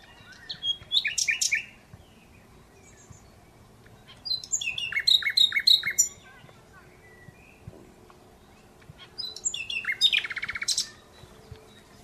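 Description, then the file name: Common Nightingale singing three varied phrases of chirps, rattles and repeated clipped notes, each one to two seconds long, with pauses between. "Luscinia megarhynchos"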